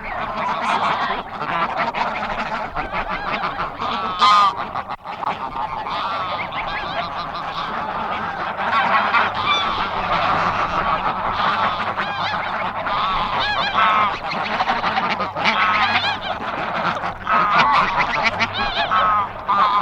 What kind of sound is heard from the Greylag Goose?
call